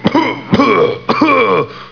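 An adult coughing three times in quick succession, each cough a sharp burst followed by a voiced tail.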